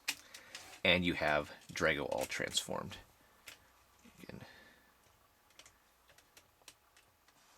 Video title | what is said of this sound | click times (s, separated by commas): Superhuman Samurai Syber Squad - Drago / Phormo | Take the top portion of the head, lift it up, and it'll just click into place, which reveals his eyes now. | 0.1 s